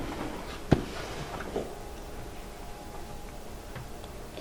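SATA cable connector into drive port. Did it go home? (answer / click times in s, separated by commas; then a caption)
no / none. A SATA cable is pushed onto its connector at a drive port, and its plastic latch gives no audible click; only faint handling taps and a low background hum are heard. Nothing has clicked, but the cable still holds when tugged.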